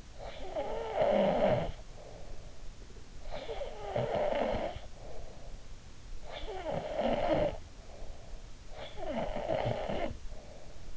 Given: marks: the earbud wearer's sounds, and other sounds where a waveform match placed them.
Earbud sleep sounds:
sounds in sleep by an in-ear microphone; snoring breath
0.00-2.66 s: snoring breath
3.18-5.84 s: snoring breath
6.07-10.97 s: snoring breath

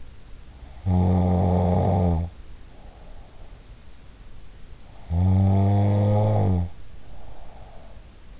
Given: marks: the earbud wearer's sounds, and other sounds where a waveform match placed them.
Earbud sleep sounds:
sounds in sleep by an in-ear microphone; snoring breath
0.55-4.40 s: snoring breath
5.04-8.40 s: snoring breath

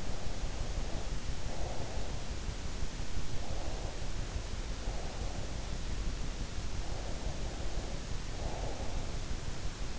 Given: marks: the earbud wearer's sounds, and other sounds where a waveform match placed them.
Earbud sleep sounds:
sounds in sleep by an in-ear microphone; breath
0.00-2.32 s: breath
3.36-5.85 s: breath
6.88-9.34 s: breath

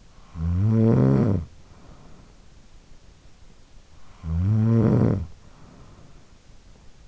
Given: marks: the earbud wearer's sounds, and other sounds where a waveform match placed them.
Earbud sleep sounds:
sounds in sleep by an in-ear microphone; snoring breath
0.00-3.10 s: snoring breath
3.92-6.43 s: snoring breath

